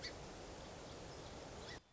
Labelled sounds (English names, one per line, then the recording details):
Song Sparrow
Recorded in Sonoma County, California